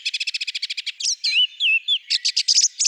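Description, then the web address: Song thrush song, a rapid run of high repeated notes, then clear whistled slurred phrases, followed by further sharp repeated chirping notes. "Turdus philomelos"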